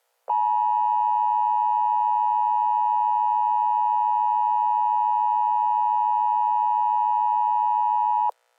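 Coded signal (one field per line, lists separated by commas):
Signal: Emergency Alert System (SAME) tones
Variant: 853 and 960 Hz attention tone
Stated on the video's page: Fake nuclear attack EAS alert made by the uploader as a prank.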